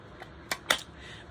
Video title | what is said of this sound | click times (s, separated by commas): ARTDOT Showcase!! MAGNIFYING Headband Glasses with LED Light! #diamondpainting #artdot | uh with a nice click there and so here we have them so we have | 0.7 s